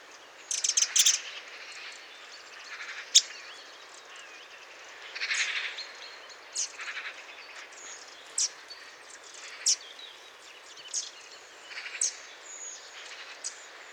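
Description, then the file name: Eurasian wren calling: sharp, high ticking notes in short irregular bursts, with a quick rattling cluster near the start, separated by pauses of a second or more. "Troglodytes troglodytes"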